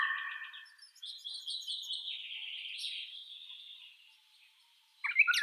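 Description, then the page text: Eurasian golden oriole song: the fading end of a fluty phrase, then rapid, scratchy, high chatter, with a louder whistled phrase starting at the end. "Иволга обыкновенная (Oriolus oriolus) - Пение"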